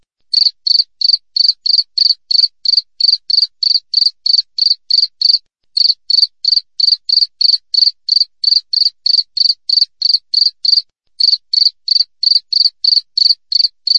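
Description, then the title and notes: Cricket chirping: short, high, pulsed chirps repeated about three times a second in a steady run, broken by two brief pauses. Wild cricket recorded clearly, with closely spaced chirps; meant for training songbirds and repelling rats. "Masteran Jangkrik Alam Jernih, Jeda Rapat Cocok Untuk Masteran Burung Dan Mengusir Tikus. suara jangkrik"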